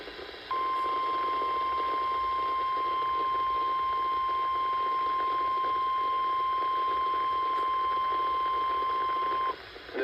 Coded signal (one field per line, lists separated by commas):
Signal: Emergency Alert System (SAME) tones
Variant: 1050 Hz attention tone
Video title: (EAS #15) 7/22/25 Severe Thunderstorm Warning for Screven, GA, Bulloch, GA, and Jenkins GA. NWS CHS